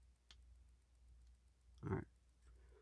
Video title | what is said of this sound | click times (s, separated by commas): linux build, ditch windows the fun way. a Linux OS for mac/windows users + PI5 build | There's a nice audible snap. | 0.3 s